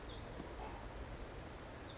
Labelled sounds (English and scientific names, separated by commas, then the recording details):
Pacific Wren (Troglodytes pacificus)
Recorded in Sonoma County, California